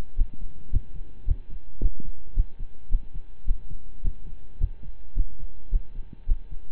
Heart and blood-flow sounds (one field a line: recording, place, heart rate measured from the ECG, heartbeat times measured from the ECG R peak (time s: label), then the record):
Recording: heart sounds by stethoscope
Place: between the tricuspid and mitral areas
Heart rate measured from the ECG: 108 bpm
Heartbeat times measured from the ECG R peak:
0.16 s: heartbeat
0.70 s: heartbeat
1.25 s: heartbeat
1.79 s: heartbeat
2.34 s: heartbeat
2.89 s: heartbeat
3.45 s: heartbeat
4.02 s: heartbeat
4.58 s: heartbeat
5.14 s: heartbeat
5.70 s: heartbeat
6.26 s: heartbeat
From the record:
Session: slow and fast walking with breaks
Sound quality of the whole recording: saturated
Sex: male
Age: 25 years